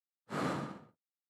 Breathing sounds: one breath near a microphone; exhalation

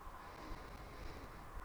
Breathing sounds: one breath near a microphone; inhalation

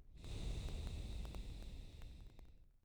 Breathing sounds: one breath near a microphone; exhalation

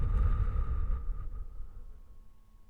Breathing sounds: one breath near a microphone; exhalation

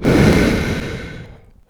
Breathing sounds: one breath near a microphone; exhalation

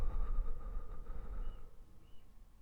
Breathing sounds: one breath near a microphone; exhalation

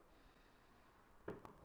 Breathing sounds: one breath near a microphone; inhalation

